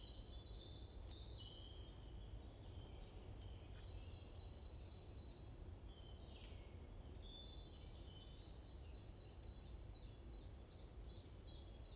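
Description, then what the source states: Birds chirping: scattered high whistles early, then a rapid run of short, sharply falling chirps near the end, over a constant low rumble. Morning birds chirping in a forest at Watermaal-Bosvoorde, Brussels, Belgium; peaceful atmosphere; recorded with an AMBE VR microphone.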